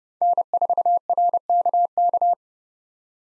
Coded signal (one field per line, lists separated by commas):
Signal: Morse code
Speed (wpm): 30 wpm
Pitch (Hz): 700 Hz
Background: none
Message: N4RKK